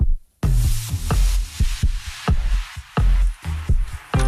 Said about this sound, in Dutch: Dit is de hartslag van …, een cartoonist al 47 jaar.